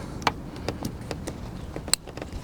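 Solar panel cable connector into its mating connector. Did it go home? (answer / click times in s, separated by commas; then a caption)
yes / 0.3 s, 1.9 s. The positive and negative leads of a Lensun hood solar panel on a Wrangler JL are pushed together by hand until the plastic connector housings lock. A sharp snap at 0.3 s and a loud click at 1.9 s stand out from quieter handling ticks. The connector is seated, and the leads are then tugged to check that they are properly connected.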